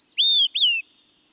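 Olive-sided flycatcher singing two loud, clear whistles, the first steady and high, the second briefly rising then sliding down.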